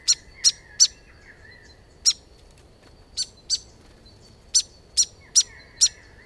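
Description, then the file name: Grey fantail giving sharp, high ticking chips in irregular bursts with gaps, plus faint thin drawn notes underneath. "Rhipidura Albiscapa"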